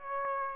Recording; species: mosquito wingbeat signal from an infrared sensor; Aedes aegypti